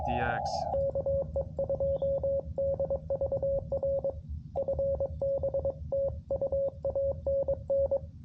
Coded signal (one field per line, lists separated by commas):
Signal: Morse code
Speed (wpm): 22 wpm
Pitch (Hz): 550 Hz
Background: speech, radio noise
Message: KE2DVR FB TU ANN